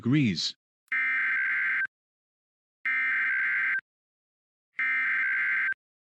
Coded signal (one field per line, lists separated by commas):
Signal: Emergency Alert System (SAME) tones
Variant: header bursts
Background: speech